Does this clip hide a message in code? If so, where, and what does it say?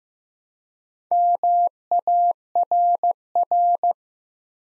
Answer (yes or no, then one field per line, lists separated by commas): yes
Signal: Morse code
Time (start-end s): 1.1-3.9 s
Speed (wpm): 15 wpm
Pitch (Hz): 700 Hz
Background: none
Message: MARR